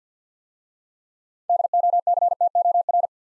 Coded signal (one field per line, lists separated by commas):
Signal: Morse code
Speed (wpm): 52 wpm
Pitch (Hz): 700 Hz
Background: none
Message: DOCTOR